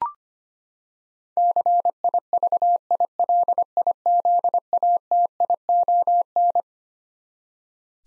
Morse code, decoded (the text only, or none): CIVILIZATION